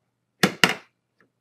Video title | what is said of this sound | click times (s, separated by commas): How To Building A Computer: Part 4 - RAM | um and when you take them off the The Ram will pop | 0.4 s, 0.6 s